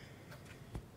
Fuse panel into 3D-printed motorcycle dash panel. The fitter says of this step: the fuse panel actually snaps right in like this now